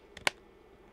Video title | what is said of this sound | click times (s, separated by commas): Programming Encrypted Radios: The Basics | Sometimes you might even get an audible click, just like that. And now it's seated just fine. | 0.3 s